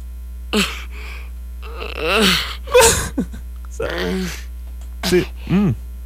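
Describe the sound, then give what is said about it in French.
A baby's crying, pitched down so it sounds deep and strange, comes in several short wavering wails and sobs with gaps between them, over a steady low electrical hum. “ce qu'on pourrait entendre, c'est une version, c'est un bébé, OK, qui pleure, mais version pitch down.”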